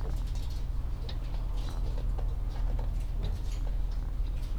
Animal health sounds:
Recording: poultry house recording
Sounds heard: sick chickens (respiratory disease)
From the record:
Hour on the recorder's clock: 14

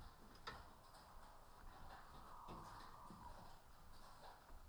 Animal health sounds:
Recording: poultry house recording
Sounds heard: healthy chickens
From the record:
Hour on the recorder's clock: 14

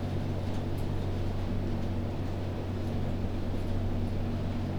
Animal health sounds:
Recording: poultry house recording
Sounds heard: no chicken sound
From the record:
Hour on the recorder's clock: 0

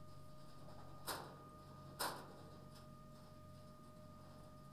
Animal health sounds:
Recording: poultry house recording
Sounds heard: no chicken sound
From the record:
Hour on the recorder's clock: 21

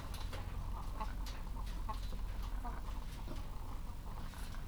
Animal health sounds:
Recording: poultry house recording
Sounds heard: sick chickens (respiratory disease)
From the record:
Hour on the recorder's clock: 14

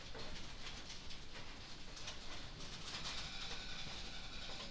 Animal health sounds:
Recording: poultry house recording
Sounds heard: no chicken sound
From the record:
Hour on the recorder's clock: 20

